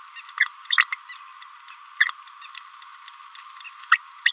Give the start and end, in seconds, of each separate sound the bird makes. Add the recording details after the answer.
0.38-0.47, 0.77-0.87, 0.93-0.95, 2.00-2.11, 3.66-3.68, 3.92-3.97, 4.26-4.31. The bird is a male. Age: 27 days. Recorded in a nest box in Venezuela. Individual 17B31A1